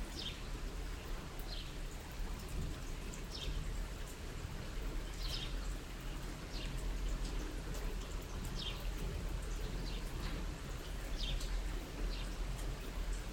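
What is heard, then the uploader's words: Rain falls steadily, a dense, even wash with a heavy low rumble underneath. Brighter drips and splashes stand out every second or so, sharp little taps scattered through the whole stretch, while the overall level stays constant without pauses. Rain - 3pm - binaural version (Headphones).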